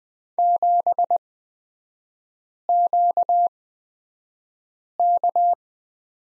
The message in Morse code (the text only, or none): 7QK